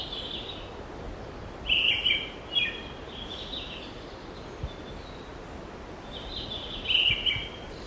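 Bird singing a few short, chirpy phrases early and another after a long pause, over steady hiss and a faint click.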